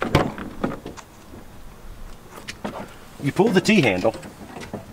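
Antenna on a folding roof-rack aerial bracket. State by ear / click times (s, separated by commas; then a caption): not seated / none. Someone talks while pulling the T-handle on a metal Rhino-Rack folding aerial bracket on the roof rack of an overland Ram 2500, working the antenna from its forward-laid position (kept there for clearance) to stand it straight up for the highest point to receive signal. Brief knocks and handling sounds come through around 0.4–1.0 s, at 2.5 s, and near 4.7–5.0 s. The clip ends before the bracket locks upright; nothing has seated or clicked yet.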